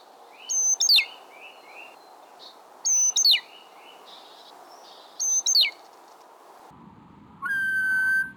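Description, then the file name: Great tit song: three phrases about every two and a half seconds, each a high whistled note sliding steeply downward followed by lower short notes; a separate steady tone at the end. "szencinege"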